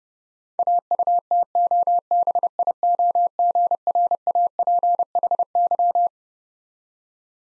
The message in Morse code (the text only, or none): AUTOBIOGRAPHY